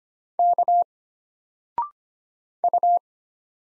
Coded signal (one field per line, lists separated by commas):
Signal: Morse code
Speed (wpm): 25 wpm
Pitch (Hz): 700 Hz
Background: none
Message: K U